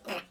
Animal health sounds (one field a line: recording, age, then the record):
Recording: pig call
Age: piglet (1 to 25 days)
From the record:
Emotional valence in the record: negative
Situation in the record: restrain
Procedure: back test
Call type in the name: low-frequency call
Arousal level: medium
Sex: female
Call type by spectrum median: low-frequency call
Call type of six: low-frequency tonal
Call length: 0.31 s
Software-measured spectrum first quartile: 593 Hz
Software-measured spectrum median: 1380 Hz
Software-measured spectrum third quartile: 2852 Hz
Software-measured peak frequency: 540 Hz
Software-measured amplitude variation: 181 dB a second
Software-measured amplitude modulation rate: 6.5 a second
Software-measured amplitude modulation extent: 27.7 dB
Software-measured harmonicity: 1.0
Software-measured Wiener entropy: -1.09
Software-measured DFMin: 677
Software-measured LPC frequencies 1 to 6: 629, 1384, 2597, 4118, 5059, 6609 Hz